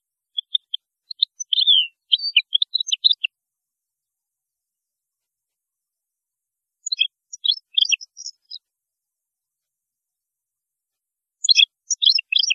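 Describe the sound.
European goldfinch song, three bursts of rapid tinkling twitters and buzzy notes separated by pauses of a few seconds.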